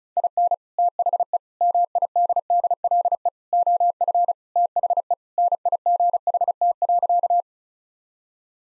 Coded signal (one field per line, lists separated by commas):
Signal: Morse code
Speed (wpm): 36 wpm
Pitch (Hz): 700 Hz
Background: none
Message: IN THE MIDDLE OF THE NIGHT.